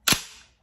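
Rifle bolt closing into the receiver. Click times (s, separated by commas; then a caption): 0.1 s. The dust cover on a C-grade Hakim semi-automatic rifle is closed and reopened, letting the steel bolt spring forward into the receiver as the action is meant to work. A sharp, loud metallic clack at 0.1 s shows the bolt locking into place, and it rings out and decays, followed by a faint small tick near 0.6 s.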